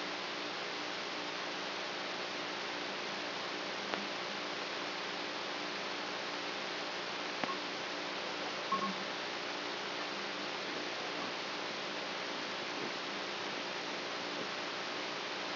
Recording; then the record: brain microelectrode recording played as sound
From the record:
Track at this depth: inside the subthalamic nucleus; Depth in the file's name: 3.004 mm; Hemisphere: right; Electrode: 3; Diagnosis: Parkinson's disease